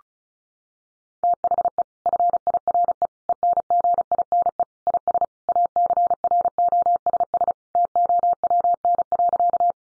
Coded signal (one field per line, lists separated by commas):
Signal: Morse code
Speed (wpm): 34 wpm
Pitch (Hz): 700 Hz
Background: none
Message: THE FIRE ENGINE IS ACROSS TOWN.